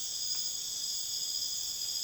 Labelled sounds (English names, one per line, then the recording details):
none
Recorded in dense forest near Puerto Asís, Putumayo, Colombia, on 22 June 2025 at 23:00
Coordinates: 0.484, -76.325
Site H65